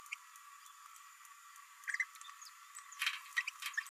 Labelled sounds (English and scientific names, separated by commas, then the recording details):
Green-rumped Parrotlet (Forpus passerinus) babbling
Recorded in a nest box in Venezuela
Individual 18B104A3